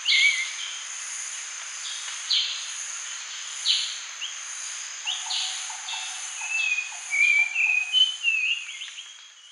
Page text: Grey-Cheeked Bulbul Song. Quick Sounds